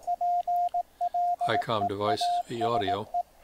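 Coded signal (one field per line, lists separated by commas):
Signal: Morse code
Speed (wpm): 18 wpm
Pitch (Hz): 700 Hz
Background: speech, radio noise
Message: PLEASE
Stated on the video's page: ARRL code practice broadcast received on an ICOM radio through RS-BA1 remote audio.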